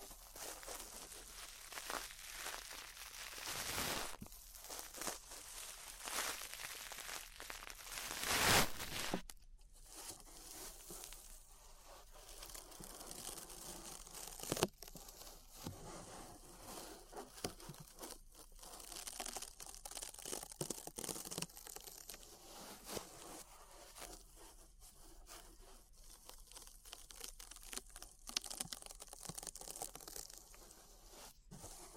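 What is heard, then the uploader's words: Ear brushing fills the clip with soft, bright, scratchy rustling that swells and fades in uneven strokes. A louder, crinkly burst comes around eight to nine seconds, and a sharp tap near fifteen seconds, with steady brushing continuing to the end. ASMR Relaxing 3Dio Ear Brushing (No Talking).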